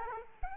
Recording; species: mosquito wingbeat signal from an infrared sensor; Aedes aegypti